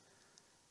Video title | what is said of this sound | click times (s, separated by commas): Quick Guide to OAE Testing with Screening or Diagnostics Functions with Maico EROSCAN - Wellness PRO | push the remover tool on the probe until it snaps into position | 0.4 s